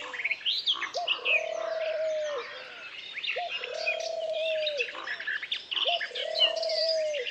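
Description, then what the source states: Birds in a busy chorus: high chirps and twitters over three long, steady low whistles. Forest ambience.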